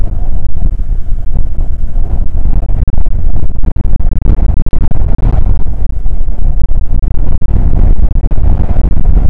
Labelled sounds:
wind
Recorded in the Prudhoe Bay oil fields, Alaska, on 19 July 2019 at 00:01
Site 25

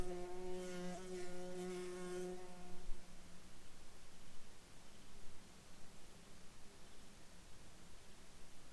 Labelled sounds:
insects
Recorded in Ivvavik National Park, Yukon, on 7 July 2019 at 06:15
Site SINP09

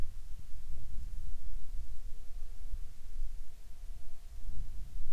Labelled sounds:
insects
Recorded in the Prudhoe Bay oil fields, Alaska, on 10 July 2019 at 13:52
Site 14

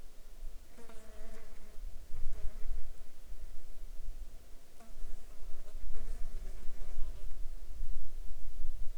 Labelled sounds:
insects
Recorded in the Arctic National Wildlife Refuge, Alaska, on 16 July 2019 at 16:06
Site 35

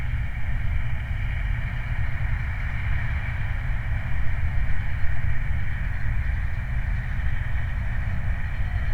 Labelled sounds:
truck
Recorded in the Prudhoe Bay oil fields, Alaska, on 29 July 2019
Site 29

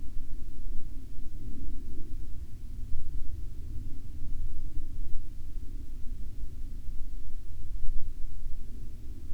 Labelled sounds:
aircraft
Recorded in the Arctic National Wildlife Refuge, Alaska, on 31 July 2019 at 15:54
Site 40

